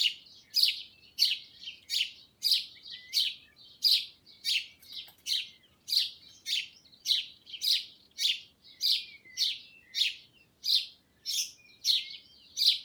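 Sparrow giving a continuous string of quick, bright chirps, over twenty notes.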